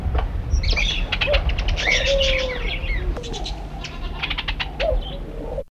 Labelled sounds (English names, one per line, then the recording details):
Chestnut Weaver call
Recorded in the wild
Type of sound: call
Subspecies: trothae
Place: Okahandja, Otjozondjupa
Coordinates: -21.9719, 16.9063
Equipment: Halbspur, 9,5 cm/s
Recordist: Lütgens, Hans
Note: Rufe